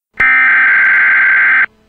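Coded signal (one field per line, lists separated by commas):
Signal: Emergency Alert System (SAME) tones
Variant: header bursts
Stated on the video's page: Fictional EAS scenario based on SCP-096, made with an EAS simulator.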